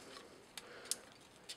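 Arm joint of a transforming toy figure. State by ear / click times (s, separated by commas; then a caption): seated / 0.9 s. A plastic arm section of a TFC Toys Photron transforming robot figure is rotated forward until the joint locks. Faint ticks come at about 0.6 s and 1.6 s, and a sharp, bright click at 0.9 s marks the arm joint seating in place.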